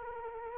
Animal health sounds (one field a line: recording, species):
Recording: mosquito wingbeat signal from an infrared sensor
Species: Anopheles arabiensis